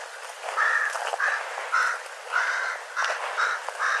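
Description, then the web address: Bird calls: a busy run of rough, mid-pitched notes in quick succession, some overlapping, against constant background hiss. "birddata Deverinetal 2025 Bird Co Co Co Co"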